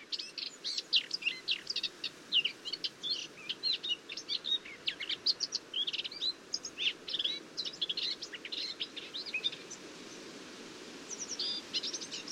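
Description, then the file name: Eurasian blackcap delivering a long, hurried scratchy warble of high clicks and chirps, fading briefly near ten seconds, then resuming with a short twittering phrase. "Sylvia atricapilla"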